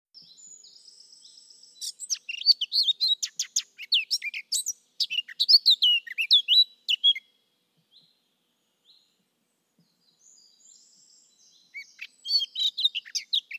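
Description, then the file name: Eurasian blackcap song in two bursts: a long hurried warble of mixed scratchy and whistled notes, a pause with faint sounds, then a brief renewed warble. "Sylvia atricapilla"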